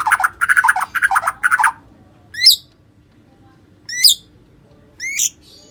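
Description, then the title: White-rumped shama: a rapid series of mid-pitched chattering notes, then three separate high, sharp notes. "murai batu"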